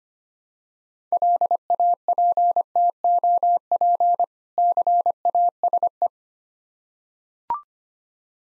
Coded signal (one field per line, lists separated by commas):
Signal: Morse code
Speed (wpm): 25 wpm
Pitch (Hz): 700 Hz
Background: none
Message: LAPTOP CASE